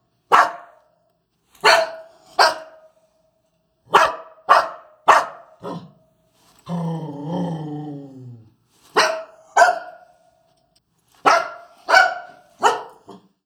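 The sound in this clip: Dog barks in short bursts, broken midway by a drawn-out whine, then a further run of barks.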